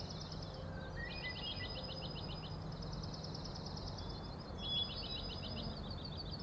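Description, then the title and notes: Common nighthawk rattling calls: several extended buzzy pulse trains running back to back, with brief thin squeaks, above a constant low rumble. Three birds flying one after another in very close formation, making a rattling noise, flying remarkably close to the recordist; Schoodic Head overlook, Acadia National Park, Winter Harbor, Maine; 16 June 2017, 4am. "Common Nighthawks, Schoodic Head 061617 4am. 3 common nighthawks making peenting calls and wings booms but also a rattling noise at the Overlook (410 ft) on Schoodic Head (435 feet) Schoodic division Acadia National Park Winter Harbor, ME"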